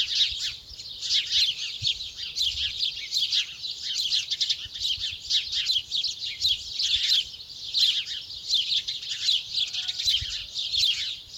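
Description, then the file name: House sparrow chatter, many sharp chirps overlapping into a steady bright chorus that swells and dips throughout. "Passer domesticus"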